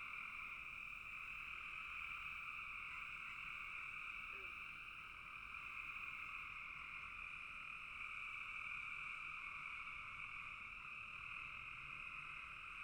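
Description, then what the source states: Frogs calling en masse, a continuous trilling wash in two bands, steady throughout with slight dips in loudness, nothing else clearly heard. Frogs in a bog.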